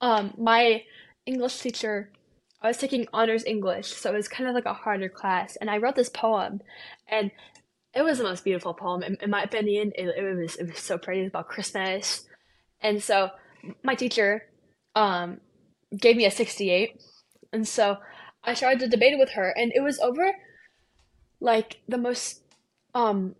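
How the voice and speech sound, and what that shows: Young woman's conversational speech with word repetitions, drawn-out fillers and long pauses: stuttering.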